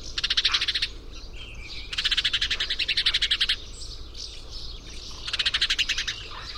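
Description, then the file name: House sparrow calls: bursts of rapid chirping notes in three runs, with a low steady hum beneath. "Passer domesticus"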